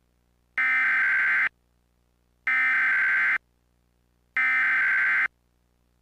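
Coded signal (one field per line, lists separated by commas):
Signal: Emergency Alert System (SAME) tones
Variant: header bursts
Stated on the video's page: Mock tornado warning, not a real alert.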